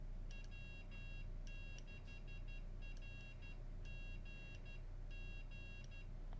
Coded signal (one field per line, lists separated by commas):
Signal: Morse code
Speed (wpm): 12 wpm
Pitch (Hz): 2750 Hz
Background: none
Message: W6RGG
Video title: CW Practice | winKeyer!